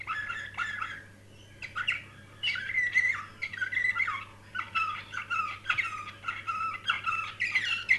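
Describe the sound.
Canary singing repeated warbling phrases of rolled and twittered notes with brief gaps between bursts, over a steady low background hum.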